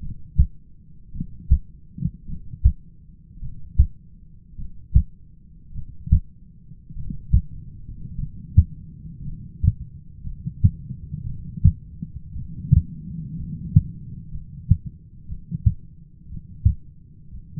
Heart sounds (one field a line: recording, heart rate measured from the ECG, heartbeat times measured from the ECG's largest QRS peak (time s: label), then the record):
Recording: heart sounds by stethoscope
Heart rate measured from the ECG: 55 bpm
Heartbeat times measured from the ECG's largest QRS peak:
0.00 s: heartbeat
1.12 s: heartbeat
2.26 s: heartbeat
3.40 s: heartbeat
4.56 s: heartbeat
5.73 s: heartbeat
6.94 s: heartbeat
8.17 s: heartbeat
9.24 s: heartbeat
10.23 s: heartbeat
11.25 s: heartbeat
12.35 s: heartbeat
13.36 s: heartbeat
14.31 s: heartbeat
15.27 s: heartbeat
16.28 s: heartbeat
17.31 s: heartbeat
From the record:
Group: heart failure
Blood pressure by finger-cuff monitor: 114/72 mmHg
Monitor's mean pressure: 84 mmHg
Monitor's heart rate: 52 bpm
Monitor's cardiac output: 5.6 L/min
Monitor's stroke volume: 102 mL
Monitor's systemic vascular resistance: 1050 dyn s/cm5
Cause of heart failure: dilated cardiomyopathy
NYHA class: 2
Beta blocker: bisoprolol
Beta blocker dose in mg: 10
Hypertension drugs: sacubitril-valsartan, spironolactone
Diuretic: furosemide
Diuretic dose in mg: 40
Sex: male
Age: 29 years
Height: 174 cm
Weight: 92 kg